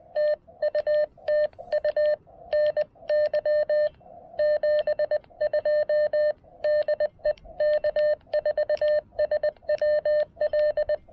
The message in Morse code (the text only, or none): TU TU NY 72 DE K4SWL